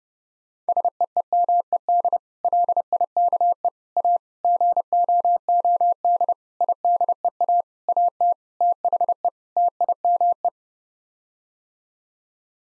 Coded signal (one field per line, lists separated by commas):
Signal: Morse code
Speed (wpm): 32 wpm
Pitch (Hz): 700 Hz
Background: none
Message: SEEMED LIKE A GOOD IDEA AT THE TIME